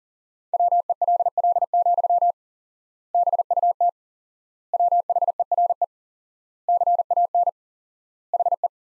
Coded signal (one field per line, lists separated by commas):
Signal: Morse code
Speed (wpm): 37 wpm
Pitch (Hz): 700 Hz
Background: none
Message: WELL, BUT WHERE CAN HE